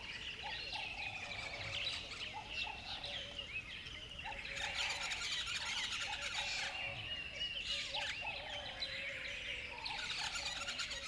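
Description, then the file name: Bird chorus, busy overlapping high chirps and trills with lower repeated looping notes, steady throughout with swells of louder chatter. Dawn chorus recorded in a river bed. "river bed dawn birds sing"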